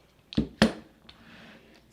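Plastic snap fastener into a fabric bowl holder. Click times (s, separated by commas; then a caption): 0.6 s. A plastic snap cap and male end, set through a punched hole in a cotton and batting fabric bowl holder, are pressed together with a table snap press. A light tap comes first, then a sharp, loud click at 0.6 s as the snap seats, followed by a faint tick near 1.1 s. The snap is seated and is then tested by clipping it closed.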